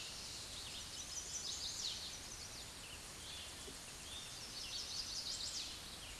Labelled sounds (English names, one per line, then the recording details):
Chestnut-sided Warbler song
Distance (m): 5 m
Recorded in a Pennsylvania forest on 16 May 2024 at 08:38
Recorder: AudioMoth, point MSD-1892
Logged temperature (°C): 14.5 °C
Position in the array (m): 101 m, 99 m